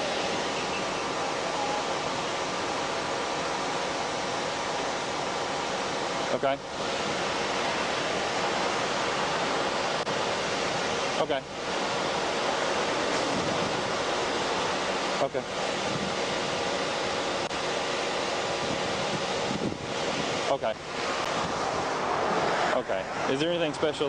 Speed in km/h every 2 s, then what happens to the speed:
0, 0, 0, 0, 0, 0, 0, 0, 0, 0, 0, 0.
0-24 standing.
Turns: none.